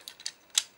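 A plastic tab on the second side of a Masterpiece Sideswipe (MP-12 Lambor) transforming robot toy is pushed into its peg hole to match the tab on the other side. A few small ticks sound near 0.1 and 0.3 seconds, then a sharp, bright click at 0.6 seconds as the tab seats firmly in the peg hole.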